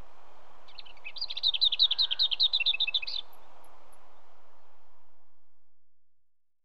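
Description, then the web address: Lesser whitethroat sings a few soft scratchy notes, then a rapid, level rattle of about a dozen repeated notes, before the faint background fades away. "BBC Sound Effects Library. Lesser Whitethroat"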